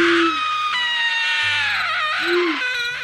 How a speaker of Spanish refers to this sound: escuchó un grito que le provocó miedo.